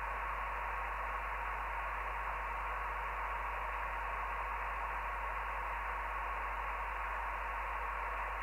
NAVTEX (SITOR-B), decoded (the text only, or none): CHART 14 AREA JAEREN OBRESTAD LIGHTHOUSE 58-39.5N